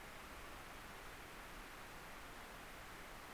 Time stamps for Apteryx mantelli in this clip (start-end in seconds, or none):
none